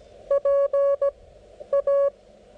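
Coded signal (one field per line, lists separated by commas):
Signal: Morse code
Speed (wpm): 16 wpm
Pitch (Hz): 560 Hz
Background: none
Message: PA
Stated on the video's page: CW during a POTA activation with a Xiegu G90 on a homemade 29-foot vertical antenna.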